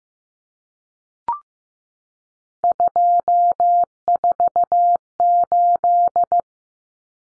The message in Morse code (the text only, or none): 248